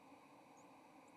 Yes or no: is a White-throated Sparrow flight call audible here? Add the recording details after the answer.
no. Another species' flight call is heard. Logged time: 09:08 on 30 October 2014